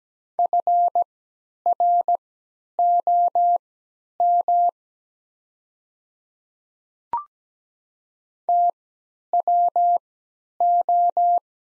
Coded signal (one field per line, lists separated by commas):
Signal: Morse code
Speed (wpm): 17 wpm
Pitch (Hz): 700 Hz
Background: none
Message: FROM TWO